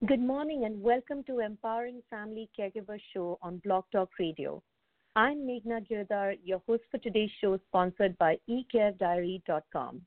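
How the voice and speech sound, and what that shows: An adult woman, a radio host, speaking with normal, fluent speech.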